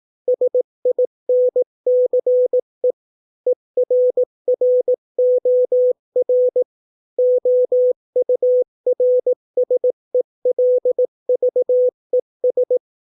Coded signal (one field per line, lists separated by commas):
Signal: Morse code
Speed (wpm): 18 wpm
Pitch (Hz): 500 Hz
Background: none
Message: SINCE ERROR OURSELVES